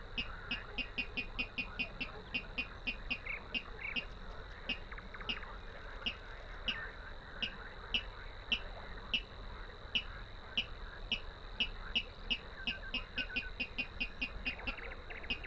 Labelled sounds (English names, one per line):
Water Rail song